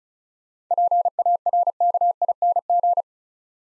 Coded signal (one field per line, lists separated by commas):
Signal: Morse code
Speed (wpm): 36 wpm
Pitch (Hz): 700 Hz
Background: none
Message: PARKING